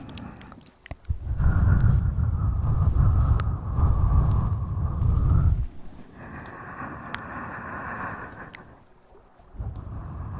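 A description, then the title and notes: Mouth sounds: a loud, rumbling breathy blow from about one to five seconds, then a softer, brighter hiss-like stretch until about eight and a half seconds. Small sharp clicks and pops scatter throughout, with a brief quiet gap near nine seconds. Tapping & Hand SoundsMovements, Mouth Sounds.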